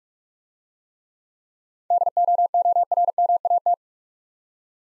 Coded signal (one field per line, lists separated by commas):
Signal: Morse code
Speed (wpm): 44 wpm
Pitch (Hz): 700 Hz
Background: none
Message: DOORMAT